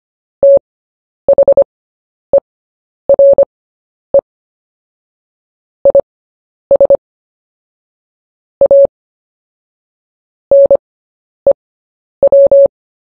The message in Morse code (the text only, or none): THERE IS A NEW